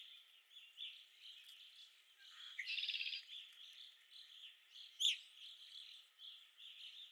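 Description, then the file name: Red-winged blackbird song, a harsh buzzy trill near the middle over a dense chorus of chirping and whistling birds. Recorded at Okalees on 5 May 2021. "2021-05-05 RWBL 26 Okalees"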